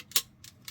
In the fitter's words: and snap into place, just like so.